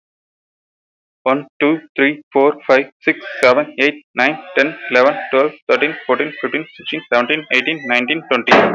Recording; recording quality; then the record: counting at a fast pace; excellent, no background noise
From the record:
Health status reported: exposed to COVID-19, no respiratory illness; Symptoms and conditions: cough, cold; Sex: male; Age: 22 years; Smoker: not ticked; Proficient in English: yes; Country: India